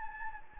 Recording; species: mosquito wingbeat signal from an infrared sensor; Anopheles gambiae